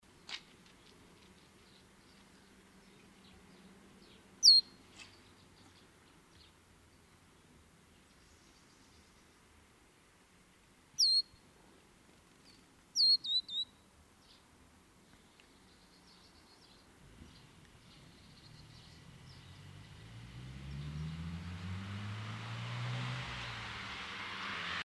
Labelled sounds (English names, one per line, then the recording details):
Eurasian Bullfinch call
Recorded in the wild
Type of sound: call
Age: juvenile
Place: Kaiserslautern, Rheinland-Pfalz, DE
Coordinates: 49.4247, 7.77889
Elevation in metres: 279
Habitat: garden
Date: 1976-09-25
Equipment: Nagra, Vollspur
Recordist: Tretzel, Erwin
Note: Garten, Kaiserslautern: Rufe